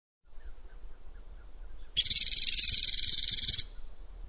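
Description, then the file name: Piculet call, a single high, buzzy, rapid trill lasting under two seconds, preceded by faint low rustling. "carpinterito"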